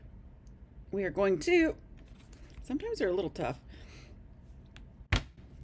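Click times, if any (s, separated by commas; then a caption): 5.1 s. A wooden snap-fit piece from a Christmas village town square kit is pushed into its mating wooden piece past the point of resistance while someone talks. A sharp, loud click at 5.1 s marks it snapping into place, so the parts are seated and hard to pull apart, designed that way so no glue is needed.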